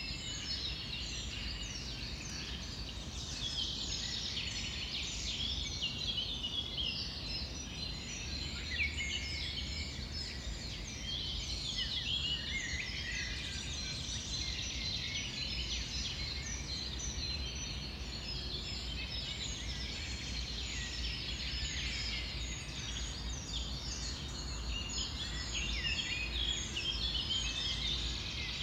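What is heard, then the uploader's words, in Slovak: A morning chorus of songbirds, such as thrushes, finches and tits, chirps and trills densely and continuously over a steady low background rumble. Ten tohtoročný som na tretí pokus nahral v Žilinskom lesoparku.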